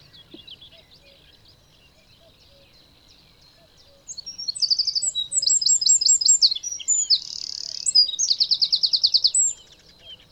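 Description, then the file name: Eurasian wren song starting after four seconds, a loud, fast sequence of shrill trills with a buzzy rattle; soft low notes and faint chirps are heard earlier. "Troglodytes troglodytes"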